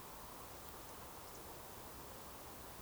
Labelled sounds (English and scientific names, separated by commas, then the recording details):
Eurasian Woodcock (Scolopax rusticola) whistle
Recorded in Baden-Württemberg, Germany, on 12 June 2020 at 20:23 UTC
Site 43791, 788 m above sea level